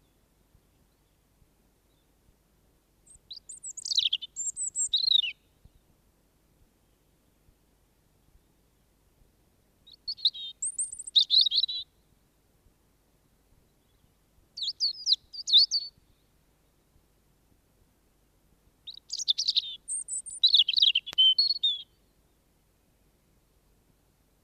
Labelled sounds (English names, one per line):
European Robin song